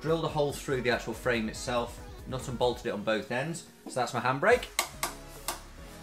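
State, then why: Seated. A hand brake lever, mounted on the side of a kart frame and bolted through a hole drilled in the frame with a nut at both ends, is pulled on. Someone talks, then the lever's ratchet clicks sharply at 5.0 and 5.5 seconds. It locks the rear axle in place.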